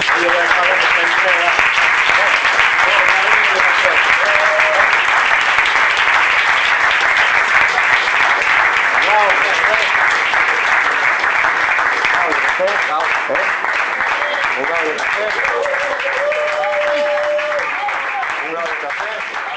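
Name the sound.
audience applause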